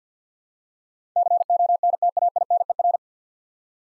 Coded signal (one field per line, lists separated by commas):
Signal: Morse code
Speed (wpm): 45 wpm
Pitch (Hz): 700 Hz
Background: none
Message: CONTAINER